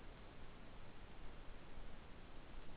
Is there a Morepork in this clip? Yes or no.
no